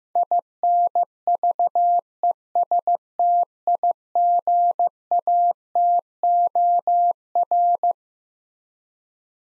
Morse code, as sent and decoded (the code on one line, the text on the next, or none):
.. -. ...- . ... - .. --. .- - --- .-.
INVESTIGATOR